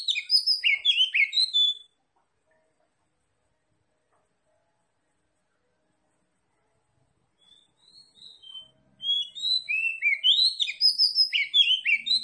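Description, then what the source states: Oriental magpie-robin song in two loud bursts of quick, twisting whistled notes, with several seconds of silence between them. Local type called Kacer Tretes; described as gacor, meaning singing vigorously.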